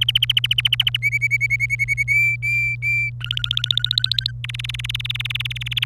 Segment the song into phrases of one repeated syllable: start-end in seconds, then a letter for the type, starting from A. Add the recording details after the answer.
0.01-0.97 A, 1.02-2.03 B, 2.08-3.10 C, 3.21-4.31 D, 4.44-5.84 E. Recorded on 27 April 2018 at 14:44. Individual llb3